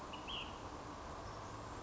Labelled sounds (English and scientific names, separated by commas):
Ash-throated Flycatcher (Myiarchus cinerascens)